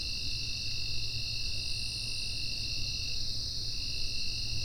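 Insects keep up a bright, even high trill, with a lower tone fading in and out and a brief higher swell midway, above low rumble.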